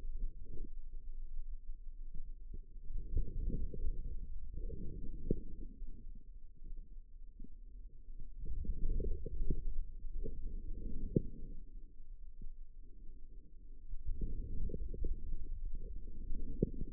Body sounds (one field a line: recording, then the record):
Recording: forearm muscle sounds (acoustic myography)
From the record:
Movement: outward rotation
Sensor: system 2, bracelet of six BSWA MPA416 microphones around the upper forearm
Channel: 4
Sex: female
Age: 25 years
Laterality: right